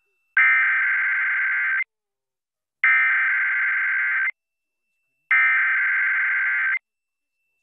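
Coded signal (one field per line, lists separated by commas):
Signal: Emergency Alert System (SAME) tones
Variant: header bursts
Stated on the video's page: Required Monthly Test captured on Xfinity cable, Xfinity X1, a Trilithic EASyPLUS unit and several broadcast television stations.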